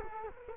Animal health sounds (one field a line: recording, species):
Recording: mosquito wingbeat signal from an infrared sensor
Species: Culex quinquefasciatus